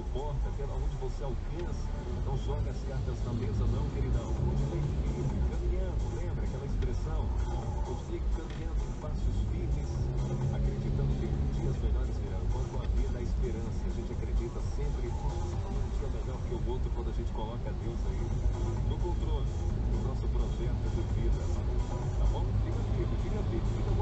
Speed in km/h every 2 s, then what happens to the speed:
2, 4, 6, 4, 5, 7, 7, 7, 8, 9, 9, 10.
0-24 steady at about 7.